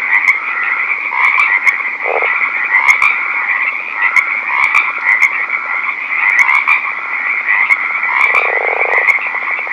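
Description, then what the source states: Northern leopard frogs calling in a dense chorus, with pulsed snoring rattles and a few louder bursts over a continuous high trill. Recorded at night.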